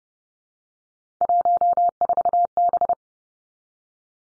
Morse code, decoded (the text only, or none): 14B